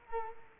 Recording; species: mosquito wingbeat signal from an infrared sensor; Culex quinquefasciatus